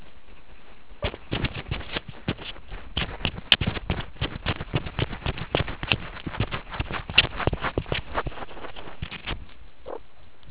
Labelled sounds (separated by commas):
meerkat close call